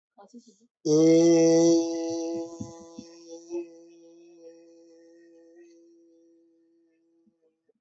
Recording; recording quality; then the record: sustained vowel as in made; poor, much background noise or distortion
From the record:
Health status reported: healthy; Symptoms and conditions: none ticked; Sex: male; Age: 32 years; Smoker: not ticked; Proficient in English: yes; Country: India